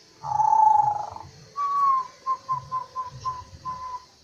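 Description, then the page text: Zebra dove cooing song: a long soft purring coo, then a brief pause and a string of short rolling notes. Manggung (cooing) song in full voice, offered for use as a lure. "Suara Perkutut Manggung [Lokal Dan Bangkok] - Club Burung"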